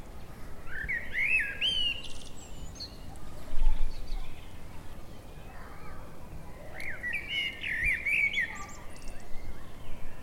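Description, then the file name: Eurasian blackbird song: two fluty, warbling phrases that end in high squeaky twitters, separated by a pause of several seconds, over steady low background rumble. "Turdus merula"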